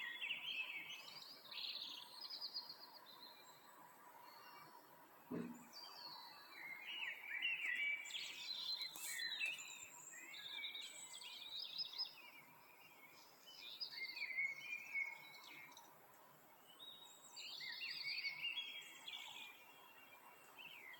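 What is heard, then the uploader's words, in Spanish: Birds sing almost without pause, a dense chorus of bright chirps, trills and warbling phrases from several birds overlapping throughout. A soft steady hiss runs underneath, and a single low thump stands out around five seconds in. Grabé una mañana cualquiera, a las 6:30, antes de ir a trabajar.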